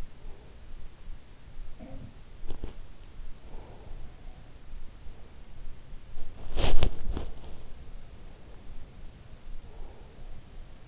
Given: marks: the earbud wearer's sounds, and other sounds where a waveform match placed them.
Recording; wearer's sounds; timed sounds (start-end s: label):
sounds in sleep by an in-ear microphone; breath, teeth grinding, body movement
0.00-0.91 s: breath
1.77-2.86 s: sound from someone else or the room
2.43-2.75 s: teeth grinding
3.37-4.80 s: breath
6.23-7.86 s: body movement
9.63-10.88 s: breath